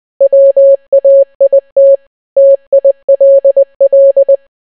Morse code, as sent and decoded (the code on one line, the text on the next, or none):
.-- .- .. - / - .. .-.. .-..
WAIT TILL